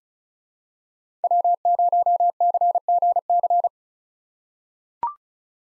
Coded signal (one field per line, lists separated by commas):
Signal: Morse code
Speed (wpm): 34 wpm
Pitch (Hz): 700 Hz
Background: none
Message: W0CGC